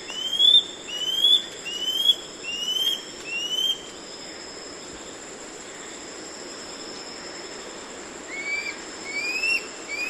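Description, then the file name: Scale-backed antbird singing short upslurred whistles, five in a row, then a silent gap of several seconds before more rising notes resume; a steady high hum continues throughout. "hylpoe"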